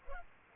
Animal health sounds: mosquito wingbeat signal from an infrared sensor; Culex pipiens

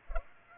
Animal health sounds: mosquito wingbeat signal from an infrared sensor; Culex pipiens

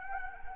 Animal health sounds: mosquito wingbeat signal from an infrared sensor; Anopheles gambiae

